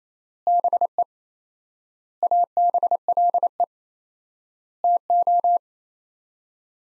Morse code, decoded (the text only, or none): BE ABLE TO